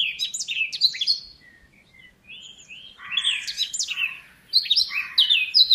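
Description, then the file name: Eurasian blackcap singing in short bursts of rich, fluty warbling, with a quiet gap early on before louder phrases return. "Sylvia atricapilla"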